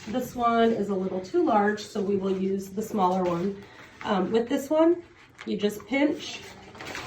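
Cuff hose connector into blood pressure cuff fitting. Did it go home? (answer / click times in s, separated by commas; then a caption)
no / none. Someone talks while picking the smaller of two blood pressure cuffs, since the other is too large, and begins pinching the tubing connector to push it onto the cuff's plastic quick-connect fitting. The clip ends before the connector goes home, so nothing has seated or clicked yet.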